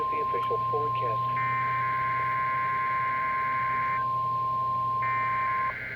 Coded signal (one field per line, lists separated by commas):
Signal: Emergency Alert System (SAME) tones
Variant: 1050 Hz attention tone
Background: speech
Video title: 6/3/20 Weeklies (EAS #540-541)